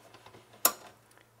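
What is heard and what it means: A Cat 5 network cable coming from the main server is plugged into the network jack on the back of the set-top box electronics in a mini theater booth. After a few faint ticks, one sharp, bright click sounds at 0.7 seconds and fades quickly as the plug seats and locks in.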